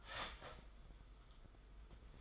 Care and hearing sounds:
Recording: daily activity, microphone in the room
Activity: start toaster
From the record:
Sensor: 5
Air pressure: 990.9 hPa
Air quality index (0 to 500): 145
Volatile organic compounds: 133 ppm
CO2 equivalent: 3941 ppm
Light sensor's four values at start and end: 37/116/44/47 and 37/117/45/47

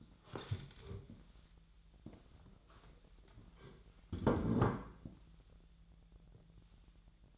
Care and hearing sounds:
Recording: daily activity, microphone in the room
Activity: stand up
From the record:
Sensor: 3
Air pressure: 1001.9 hPa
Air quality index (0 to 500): 248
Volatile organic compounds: 132 ppm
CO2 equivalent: 3938 ppm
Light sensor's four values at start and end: 10/24/10/10 and 7/15/6/7

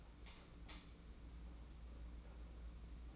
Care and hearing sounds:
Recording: daily activity, microphone in the room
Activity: light on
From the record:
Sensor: 1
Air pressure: 991.9 hPa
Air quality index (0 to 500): 213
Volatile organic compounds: 1000 ppm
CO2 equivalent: 8292 ppm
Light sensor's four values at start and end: 10/22/9/10 and 20/64/26/26

